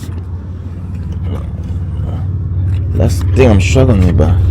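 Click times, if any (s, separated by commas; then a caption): none. A second-row seat in a 2026 Model Y Juniper is worked back toward its locked upright position with some struggle, over a steady low rumble while someone talks. The seat has not latched and no click is heard yet.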